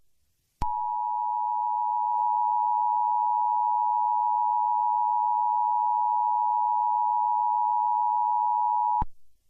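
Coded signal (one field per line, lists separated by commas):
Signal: Emergency Alert System (SAME) tones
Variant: 853 and 960 Hz attention tone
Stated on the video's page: Fictional EAS scenario about zombie deer.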